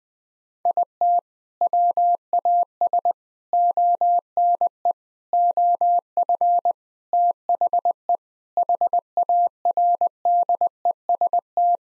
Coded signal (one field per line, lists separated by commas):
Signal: Morse code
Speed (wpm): 21 wpm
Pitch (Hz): 700 Hz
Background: none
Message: IT WAS ONE OF THE HARDEST